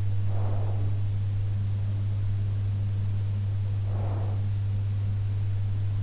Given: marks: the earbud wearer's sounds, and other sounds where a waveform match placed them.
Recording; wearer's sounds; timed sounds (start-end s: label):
sounds in sleep by an in-ear microphone; breath
0.23-1.07 s: breath
3.80-4.49 s: breath